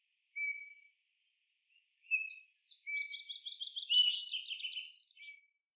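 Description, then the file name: Eurasian bullfinch: a clear flat piping whistle, then further soft whistles blending into a creaky, scratchy twittering passage before a final short whistle. "Pyrrhula pyrrhula"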